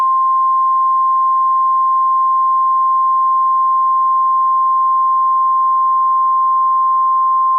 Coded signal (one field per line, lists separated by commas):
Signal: Emergency Alert System (SAME) tones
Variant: 1050 Hz attention tone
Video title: IND's Mid-March SVR's - EAS Alerts from 3/22/26 (EAS #726 - #736)